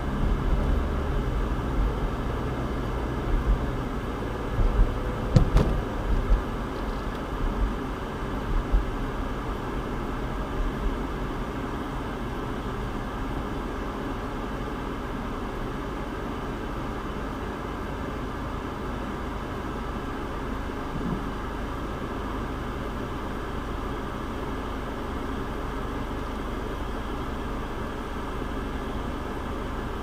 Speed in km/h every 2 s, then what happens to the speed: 39, 42, 44, 44, 35, 27, 21, 13, 6, 2, 0, 0, 0, 0, 0.
0-6 steady at about 42. 6-18 brakes to 2. 18-30 standing.